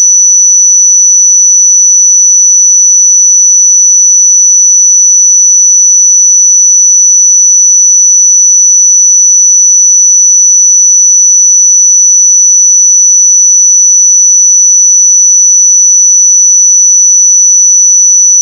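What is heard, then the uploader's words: A pure sine tone at 5945 Hz sounds as a single thin, high whistle. It holds perfectly steady in pitch and loudness for the whole stretch, with no breaks, wavering or background sound. 5945 Hz 1 Hz Interval Sine Pure Tone Frequency 441000 Sample Mono.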